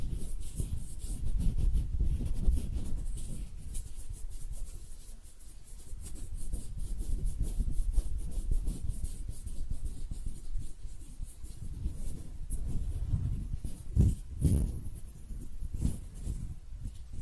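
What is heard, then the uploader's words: Hands rub and shuffle continuously, a soft low rumbling with crisp rustling bursts, busiest around two, eight and fourteen seconds. ASMR Relaxing Hand Sounds (No Talking).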